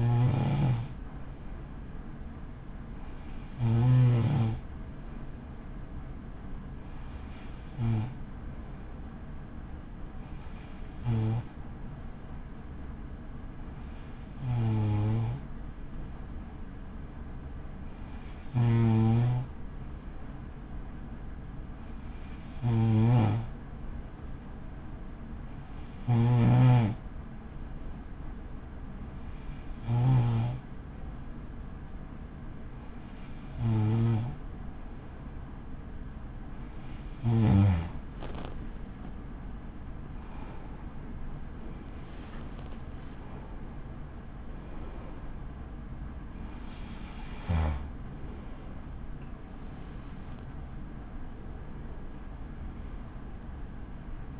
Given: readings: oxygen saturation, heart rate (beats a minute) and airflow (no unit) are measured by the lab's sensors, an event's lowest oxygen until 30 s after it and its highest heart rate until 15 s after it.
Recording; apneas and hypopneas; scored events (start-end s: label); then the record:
breathing in sleep by a smartphone at the bedside; 1
21.00-46.10 s: hypopnea (N2, oxygen 95% highest, then 94% lowest, heart rate 54 at the start, 69 highest)
36.00-54.40 s: new sleep stage, N1 (lightest sleep)
From the record:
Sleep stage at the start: N2 (light sleep); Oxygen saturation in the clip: 94 to 95%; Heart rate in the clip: 36 to 69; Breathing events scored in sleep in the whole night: 83 in 6.1 hours asleep